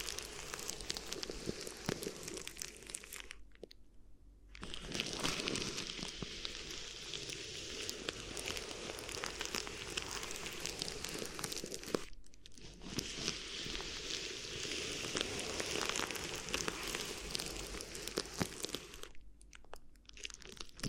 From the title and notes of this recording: ASMR Addictive Crinkly Ear Massage (No Talking).